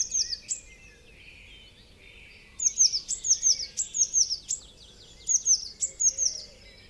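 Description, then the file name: Eurasian blue tit giving high, thin descending call notes in a few bursts, with pauses between them. "Cyanistes caeruleus"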